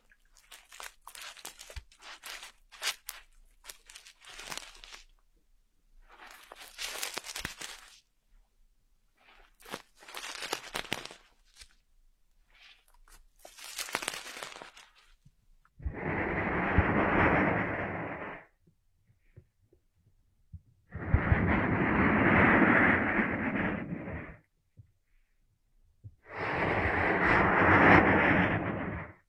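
Ear massage: for the first fifteen seconds, light crackling and rubbing comes in short, uneven bursts with crisp, bright edges. Then three longer, much louder spells of dense, muffled rubbing follow, each lasting about three seconds, with brief quiet gaps between.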